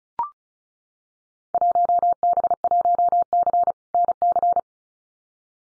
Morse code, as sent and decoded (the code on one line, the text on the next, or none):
.---- -... .---- -.-. / -. -.-.
1B1C NC